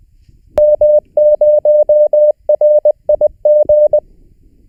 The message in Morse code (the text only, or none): M0RIG